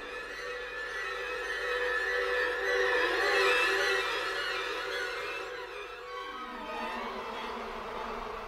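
A steady, droning buzz of many bees hums on without pause, a dense swarm sound that swells slightly in the middle and eases off toward the end, with no voices.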